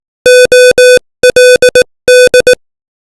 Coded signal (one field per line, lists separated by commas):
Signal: Morse code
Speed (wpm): 18 wpm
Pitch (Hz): 500 Hz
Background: music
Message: OLD